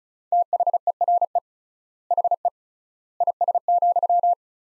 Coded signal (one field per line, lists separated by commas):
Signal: Morse code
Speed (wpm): 36 wpm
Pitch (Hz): 700 Hz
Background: none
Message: THERE HE IS,